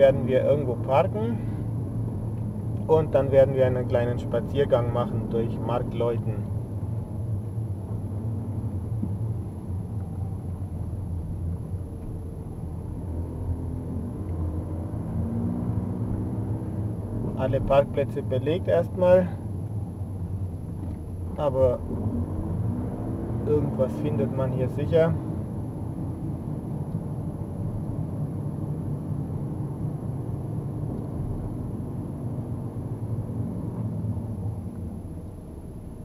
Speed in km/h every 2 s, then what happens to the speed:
26, 24, 24, 22, 20, 17, 17, 24, 25, 19, 24, 28, 30, 31, 30, 27, 24, 11.
0-12 slows to 17. 12-14 speeds up to 24. 14-19 steady at about 24. 19-22 speeds up to 28. 22-28 steady at about 30. 28-36 slows to 11.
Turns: 5-13.